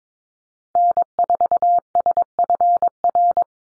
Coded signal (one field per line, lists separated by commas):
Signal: Morse code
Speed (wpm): 22 wpm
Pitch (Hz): 700 Hz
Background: none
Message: N4SFR